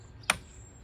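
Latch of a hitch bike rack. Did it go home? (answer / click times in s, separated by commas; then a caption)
released / 0.3 s. The latch of a Thule T2 XTR Pro hitch bike rack is released while the rack is being removed from the hitch. A faint tick at 0.2 s is followed by one sharp, hard click at 0.3 s that quickly fades into quiet background. The latch clicks open, freeing the rack for removal.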